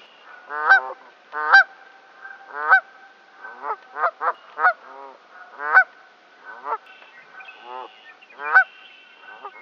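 Canada goose honking, many loud nasal honks in quick irregular succession, some overlapping.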